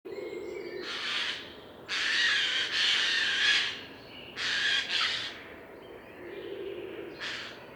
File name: Garrulus glandarius